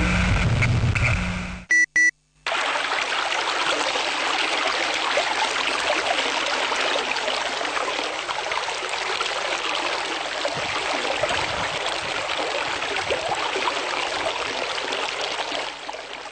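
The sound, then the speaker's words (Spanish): A brief low rumble and a few short electronic beeps give way to a steady, full rush of flowing river water that continues evenly and loudly to the end. “Yo soy el río que canta al mediodía y a los hombres que canta ante sus tumbas, el que vuelve su rostro ante los cauces sagrados.”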